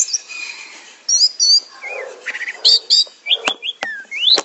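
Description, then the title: Orange-headed thrush, a varied song of high slurred whistles, short trills and a rising sweep, with a few sharp clicks near the end. "Anis Merah"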